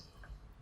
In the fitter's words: drop that back down give it a click and that latches into place